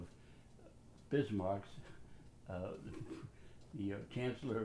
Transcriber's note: chuckles